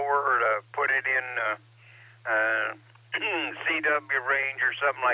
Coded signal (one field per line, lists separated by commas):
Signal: Emergency Alert System (SAME) tones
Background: speech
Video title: Barometer Net sponsored by Silvercreek Amateur Radio Assoc. 147.39+ repeater 114.8 PL 7AM, 6-1-26